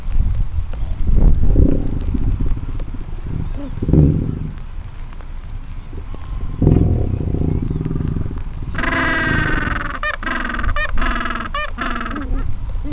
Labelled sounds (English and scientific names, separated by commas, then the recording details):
Gentoo Penguin (Pygoscelis papua)
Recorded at the colony at Gold Harbour, on 26 December 2014
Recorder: Song Meter SM2+